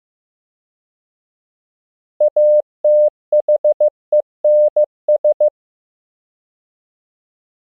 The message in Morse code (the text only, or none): ATHENS